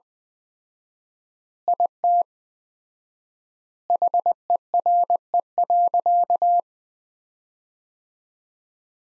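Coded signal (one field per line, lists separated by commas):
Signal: Morse code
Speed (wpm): 19 wpm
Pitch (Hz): 700 Hz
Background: none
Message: IT HERE.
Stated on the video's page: Morse practice sentences at 20 wpm with 4x standard word spacing, a word-level analogue of Farnsworth spacing.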